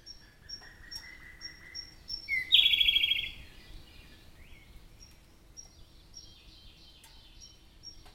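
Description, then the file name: Siberian blue robin song with a thin lower whistled lead-in, then a loud quick rattling trill, followed by soft high ticks and a faint rising note. "robin-siberian-blue Larvivora-cyane"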